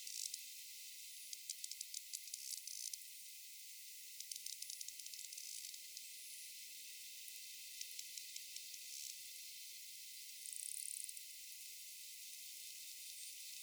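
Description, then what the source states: Sperm whale clicks scattered in irregular bursts and short patterned groups throughout, with a brief rapid rattle near the end, over constant hiss. Rapid clicks and coda.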